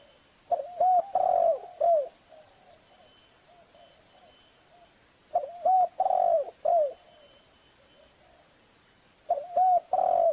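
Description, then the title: Spotted dove calling in three bursts separated by quiet gaps. Each burst is a few short coos around a long, burry coo, and the sound is loud and clipped; the last burst is cut off at the end. Lure recording used for trapping doves; a compilation of calls. "Pikat Burung Tekukur"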